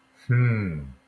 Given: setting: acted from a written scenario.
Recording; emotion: vocal sound without words; realization